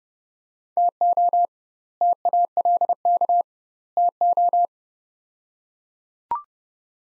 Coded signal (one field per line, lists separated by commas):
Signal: Morse code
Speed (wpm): 30 wpm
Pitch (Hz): 700 Hz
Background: none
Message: TO TALK TO